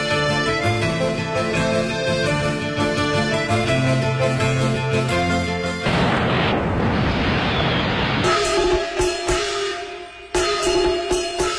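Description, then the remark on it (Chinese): Orchestral music plays, then gives way to a rushing hiss and a rapid series of sharp Spring Festival (Chinese New Year) firecracker pops and firework bangs, loud and uneven, with music still faintly sounding beneath. “烟花灿灿，爆竹声声，永恒的魅力，春节特别节目，全球音乐家穿越时空，陪您过新年。”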